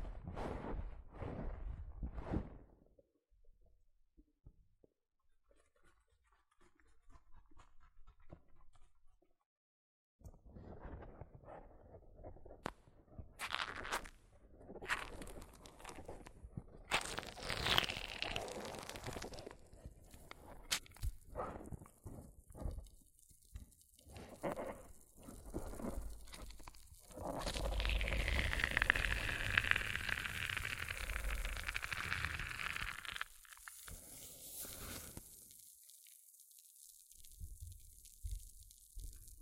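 Hair mousse is handled in bursts, with quiet gaps, especially near five to ten seconds. From about ten seconds on come dense fizzing, crackling and squishing sounds with sharp taps, peaking in a long bright hiss around 27 to 33 seconds before easing off.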